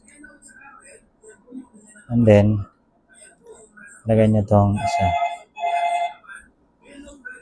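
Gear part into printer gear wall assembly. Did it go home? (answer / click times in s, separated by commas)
no / none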